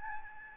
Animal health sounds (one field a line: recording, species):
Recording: mosquito wingbeat signal from an infrared sensor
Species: Aedes albopictus